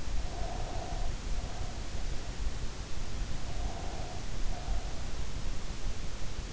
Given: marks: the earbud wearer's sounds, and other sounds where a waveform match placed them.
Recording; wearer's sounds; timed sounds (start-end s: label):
sounds in sleep by an in-ear microphone; breath
0.28-2.23 s: breath
3.36-5.25 s: breath